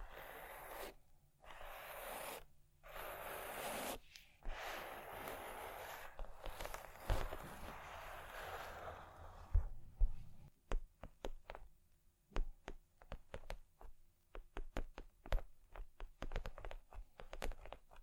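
Rough scratching in bursts with short pauses fills the first half, then gives way to sparse, irregular sharp taps and knocks on wood.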